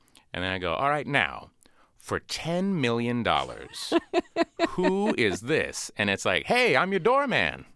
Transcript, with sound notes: And then I go, all right, now, for $10 million...
(Laughter).
...Who is this? And it's like, hey, I'm your doorman.